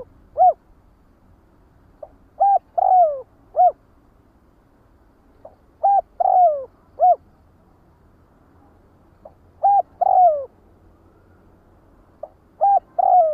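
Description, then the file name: Spotted dove giving repeated three-part coo phrases, short notes and a sliding descending coo, roughly every three to four seconds against a quiet background. Calling the flock. "Tieng cu dat goi bay"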